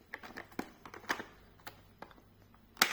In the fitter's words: hop tout ce clipse tout